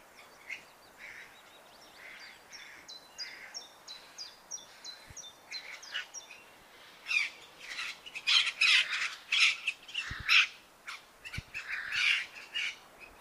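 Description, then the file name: Eurasian jay giving harsh, rasping screeches in a loud burst during the second half, after a quieter stretch of repeated high, stepped notes. "Garrulus glandarius"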